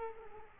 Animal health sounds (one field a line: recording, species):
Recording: mosquito wingbeat signal from an infrared sensor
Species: Culex quinquefasciatus